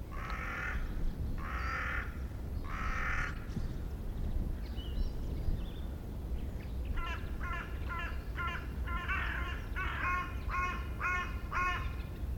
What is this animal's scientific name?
Corvus cornix